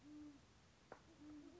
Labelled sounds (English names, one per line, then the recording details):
Band-tailed Pigeon
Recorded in Sonoma County, California